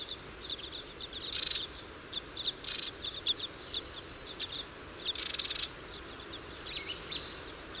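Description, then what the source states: Red crossbill flight calls, scattered faint high chips punctuated by several loud harsh bursts at irregular intervals. Call type N; flight calls.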